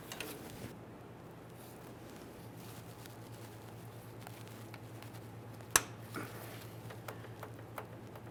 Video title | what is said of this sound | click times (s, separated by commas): How to Replace Kick Down Cable 1994-2001 Dodge Ram 1500 | Press it in, listen for a click from that. | 5.8 s